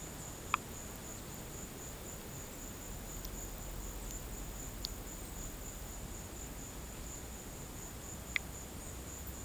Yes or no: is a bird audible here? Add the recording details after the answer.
no. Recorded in pastures near Puerto Asís, Putumayo, Colombia, on 12 March 2025 at 14:30. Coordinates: 0.472, -76.329. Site G074